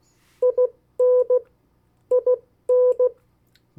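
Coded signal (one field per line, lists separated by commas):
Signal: Morse code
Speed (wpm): 16 wpm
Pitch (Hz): 500 Hz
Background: none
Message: IN IN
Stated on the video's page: Morse code practice of 50 US state abbreviations sent at variable speeds for CW copy practice.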